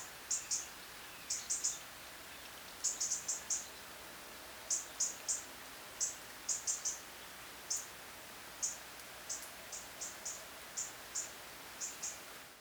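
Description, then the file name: European robin calls: thin, high-pitched notes, single or in quick doubles and triples, repeated irregularly throughout against a soft background hiss. "Erithacus rubecula"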